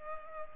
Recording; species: mosquito wingbeat signal from an infrared sensor; Culex pipiens